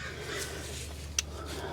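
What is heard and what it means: A front brake pad on a 2014 Mazda 3 2.5L is pressed into the caliper bracket abutment clips, giving one sharp hit at 1.2 s over a steady low background hum. The pad is only partly in and not fully seated, because the tension-spring clips are hard to work with.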